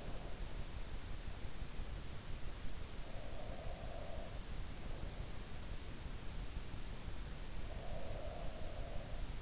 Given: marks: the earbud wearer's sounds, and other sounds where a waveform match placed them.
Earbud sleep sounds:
sounds in sleep by an in-ear microphone; breath
2.79-4.51 s: breath
7.31-9.42 s: breath

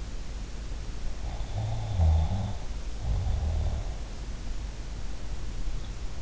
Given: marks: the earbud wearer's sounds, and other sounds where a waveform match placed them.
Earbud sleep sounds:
sounds in sleep by an in-ear microphone; snoring breath
1.28-4.05 s: snoring breath

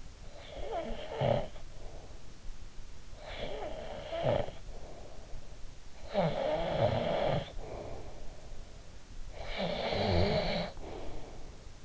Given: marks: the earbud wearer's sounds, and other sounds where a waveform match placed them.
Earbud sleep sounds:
sounds in sleep by an in-ear microphone; snoring breath
0.00-2.34 s: snoring breath
2.92-5.30 s: snoring breath
5.75-8.51 s: snoring breath
9.13-11.85 s: snoring breath

